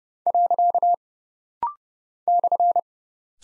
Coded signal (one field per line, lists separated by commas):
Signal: Morse code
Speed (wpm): 30 wpm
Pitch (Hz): 700 Hz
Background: none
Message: . /